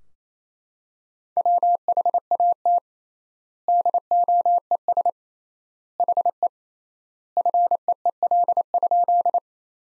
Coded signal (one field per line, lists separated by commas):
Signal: Morse code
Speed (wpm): 28 wpm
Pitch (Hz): 700 Hz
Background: none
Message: WHAT DOES HE FEEL?